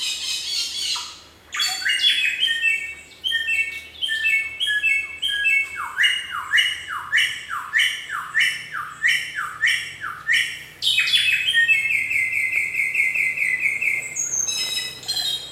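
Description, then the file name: Hwamei singing a varied whistled song: a rapid series of descending slurred notes, then a sustained trill. Singing in a forest. "suara burung samyong di hutan"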